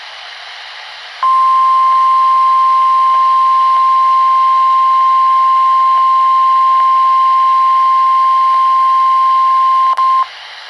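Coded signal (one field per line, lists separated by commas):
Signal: Emergency Alert System (SAME) tones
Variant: 1050 Hz attention tone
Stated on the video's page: NOAA Weather Radio station on 162.425 MHz sending a Required Weekly Test, received on a Midland WR-120EZ weather radio.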